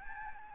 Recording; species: mosquito wingbeat signal from an infrared sensor; Aedes albopictus